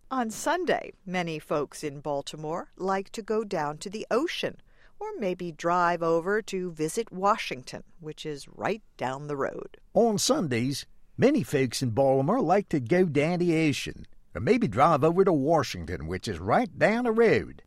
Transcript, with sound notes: On Sundays many folks in Baltimore like to go down to the ocean or maybe drive over to visit Washington, which is right down the road. (in Bawlmerese) On Sundays many folks in Baltimore like to go down to the ocean or maybe drive over to Washington, which is right down the road.